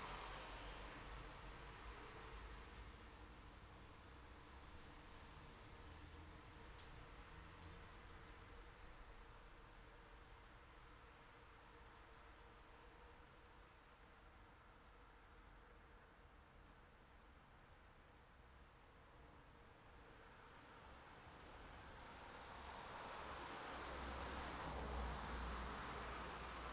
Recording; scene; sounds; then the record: everyday scene through a hearing-aid microphone; in traffic; traffic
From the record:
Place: city secondary road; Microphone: in the ear canal, right